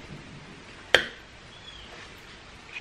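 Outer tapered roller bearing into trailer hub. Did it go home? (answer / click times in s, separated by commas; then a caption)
yes / 0.9 s. A greased tapered outer roller bearing, the smaller of the two, is slid over the spindle into a trailer hub and pops into place with a single sharp click at 0.9 s. The bearing is seated.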